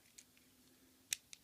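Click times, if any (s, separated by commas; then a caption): 1.1 s, 1.3 s. The plastic side panels of a Transformers Generations Cliffjumper toy car are rotated back and pressed into the car body during its transformation. Faint light ticks at about 0.2 and 0.4 seconds are followed by a sharp, bright click at 1.1 seconds and a second, softer click at 1.3 seconds. The side panels snap and seat into place.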